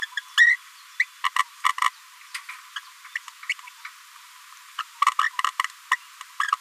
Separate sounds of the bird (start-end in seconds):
0.01-0.06, 0.16-0.21, 0.37-0.56, 0.99-1.05, 1.23-1.30, 1.35-1.44, 1.63-1.73, 1.78-1.90, 2.33-2.39, 2.49-2.54, 2.75-2.80, 3.15-3.19, 3.49-3.54, 3.85-3.88, 4.78-4.83, 5.01-5.13, 5.19-5.29, 5.39-5.50, 5.91-5.97, 6.39-6.56